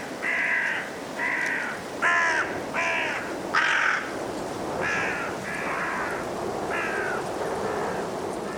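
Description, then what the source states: Carrion Crows cawing: several rough, hoarse caws in an uneven series, some louder and others softer, over continuous blustery wind noise. Five birds calling through blustery winds in a cold woodland at dusk, Woodchester Park, Gloucestershire, England.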